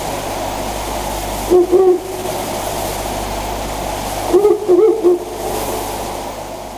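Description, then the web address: Owl giving two bursts of soft, low hoots, the second longer with several wavering notes, against a steady roar of background noise and hum. "birds fukurou"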